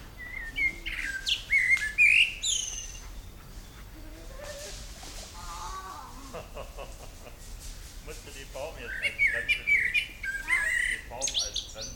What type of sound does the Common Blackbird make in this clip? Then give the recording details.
song. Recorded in the wild. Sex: male. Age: adult. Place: Liepnitzsee, Brandenburg, DE. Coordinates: 52.75, 13.51. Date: 1995-05-06 17:39. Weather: heiter, 20°C, böiger Wind. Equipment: Marantz CP 430, Sennheiser ME 80, Kopie Uher 4000 Report Monitor. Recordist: Tembrock, Günter